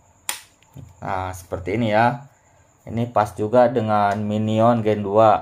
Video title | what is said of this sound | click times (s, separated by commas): Magazinee 88 universal Bahan Dural Anti macet & penyok | sampai bunyi ceklek berarti ini tandanya udah masuk nah | 0.3 s